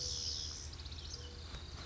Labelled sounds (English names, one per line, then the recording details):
Pacific Wren
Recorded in Sonoma County, California